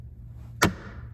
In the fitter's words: It does take a decent amount of pressure and you'll hear it pop off like that.